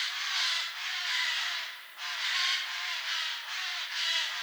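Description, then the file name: Eurasian jay harsh, noisy screeches running almost continuously and overlapping, with a broad hissing quality. "Garrulus glandarius"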